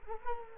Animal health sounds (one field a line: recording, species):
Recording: mosquito wingbeat signal from an infrared sensor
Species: Culex quinquefasciatus